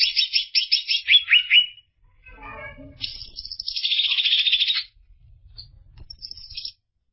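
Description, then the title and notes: Greater green leafbird song, starting with quick, descending chirps, then a long, buzzy, warbling phrase, with low background rumble. Described as a champion songbird. "Kicau Burung Cucak Ijo Juara. Suara kicauan burung cucak ijo"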